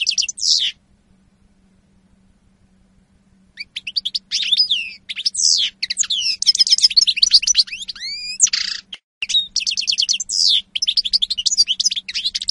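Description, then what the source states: European goldfinch song, a short twitter, a silent pause of a few seconds, then long flowing runs of high chirps, slurred whistles and buzzy notes. Spanish goldfinch lure call recording (reclamo).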